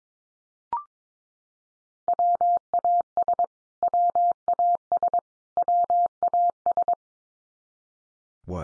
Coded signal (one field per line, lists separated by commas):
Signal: Morse code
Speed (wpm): 22 wpm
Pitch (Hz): 700 Hz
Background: none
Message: WAS WAS WAS